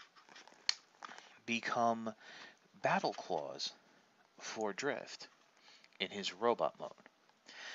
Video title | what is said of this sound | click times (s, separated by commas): Transformers Age of Extinction One Step Helicopter Drift | can slide forward snap into place and | 0.7 s